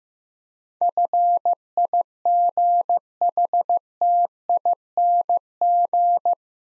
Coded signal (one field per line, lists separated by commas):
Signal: Morse code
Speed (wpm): 15 wpm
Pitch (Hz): 700 Hz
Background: none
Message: FIGHTING